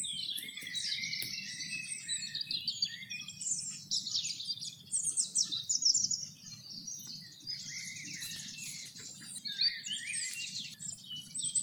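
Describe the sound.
Birds singing, dense overlapping high chirps and twittering trills throughout, with a steady low hum underneath.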